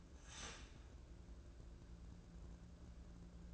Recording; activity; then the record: daily activity, microphone in the room; start toaster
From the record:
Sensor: 2